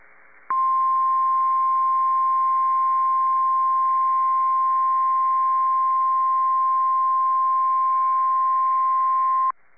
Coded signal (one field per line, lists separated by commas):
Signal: Emergency Alert System (SAME) tones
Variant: 1050 Hz attention tone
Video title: [S-EAS #16/17/20] April 23rd Severe Weather Event (Part 1)